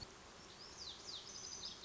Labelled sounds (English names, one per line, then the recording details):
Lazuli Bunting
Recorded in Sonoma County, California